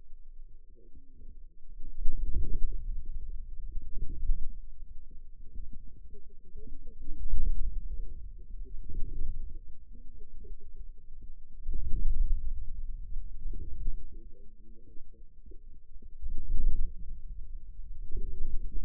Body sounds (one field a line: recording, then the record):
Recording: forearm muscle sounds (acoustic myography)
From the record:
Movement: inward rotation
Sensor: system 2, bracelet of six BSWA MPA416 microphones around the upper forearm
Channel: 2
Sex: female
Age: 21 years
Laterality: right